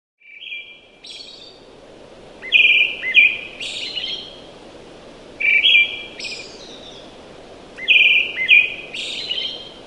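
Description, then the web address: Brown-headed thrush song: short phrases of clear whistled notes followed by thin, high squeaky notes, repeated every few seconds over steady background hiss. Recorded in Taiwan. "akahara 赤腹鶇"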